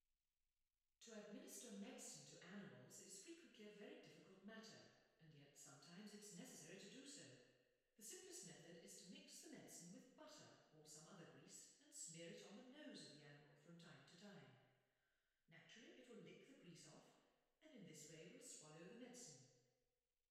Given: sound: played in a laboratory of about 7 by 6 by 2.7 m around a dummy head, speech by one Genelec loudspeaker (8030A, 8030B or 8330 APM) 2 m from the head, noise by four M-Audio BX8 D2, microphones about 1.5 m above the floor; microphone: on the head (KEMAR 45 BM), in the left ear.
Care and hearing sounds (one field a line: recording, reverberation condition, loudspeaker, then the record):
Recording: female speech in English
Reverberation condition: high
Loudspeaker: 30 degrees to the right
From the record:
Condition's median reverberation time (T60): about 1300 ms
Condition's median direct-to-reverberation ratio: about -4.0 dB